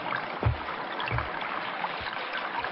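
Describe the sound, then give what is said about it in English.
Water churns steadily in a chilly river while a few heavy, low sloshes break through, like legs wading and splashing through the current at an uneven pace, as someone wades in near a patch of reed to catch fish by hand. “Yes, chilly streams are most unpleasant, aren't they? Keep your head up. Watch you don't go under.”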